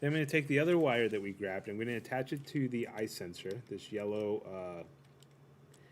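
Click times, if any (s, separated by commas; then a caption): 5.2 s. A wire's plastic connector is plugged into a robot's optical eye sensor cube, which has a yellow sticker, and latches into place. Someone talks through most of the clip. Then, after a quieter stretch, a short click is heard at 5.2 s as the connector seats, followed by a fainter tick.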